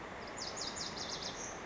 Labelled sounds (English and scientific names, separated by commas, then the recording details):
Lazuli Bunting (Passerina amoena)
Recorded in Sonoma County, California